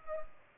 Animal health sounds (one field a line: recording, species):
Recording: mosquito wingbeat signal from an infrared sensor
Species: Culex pipiens